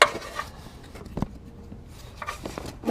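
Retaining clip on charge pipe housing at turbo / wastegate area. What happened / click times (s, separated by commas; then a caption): The retaining clip snapped locked / 0.0 s. A retaining clip on the charge pipe housing at the turbo and wastegate area of a BMW F30 328i is pushed back in after the pipe is refitted, during a wastegate actuator replacement. It snaps locked with a sharp, loud click at 0.0 s. Faint ticks and knocks follow around 1.2, 2.2 and 2.6 s.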